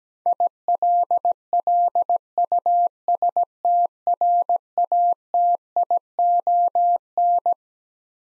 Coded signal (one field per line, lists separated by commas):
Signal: Morse code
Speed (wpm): 17 wpm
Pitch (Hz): 700 Hz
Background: none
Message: ILLUSTRATION